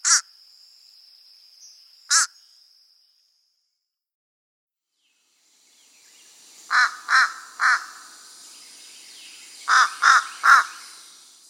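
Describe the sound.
Fish crow calling with two short nasal caws, then a pause and two rapid groups of three quick caws.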